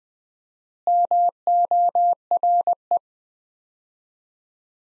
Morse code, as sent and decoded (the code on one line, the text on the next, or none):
-- --- .-. .
MORE